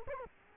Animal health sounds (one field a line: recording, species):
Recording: mosquito wingbeat signal from an infrared sensor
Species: Culex quinquefasciatus